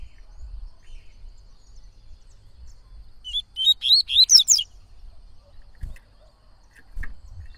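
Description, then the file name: Yellow-bellied Seedeater song: one quick phrase of about six bright, upslurred whistled notes, with faint low rumbling beneath. Singing a lot; tui-tui song style. "Coleiro Baiano Cantando Muito Canto Tui Tui"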